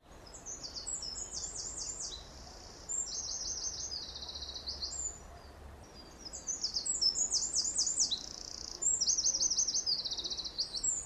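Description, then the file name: Eurasian wren song, fast high trilling bursts of rapid repeated notes in two loud phrases separated by a short pause, over faint background hiss. "Troglodytes troglodytes"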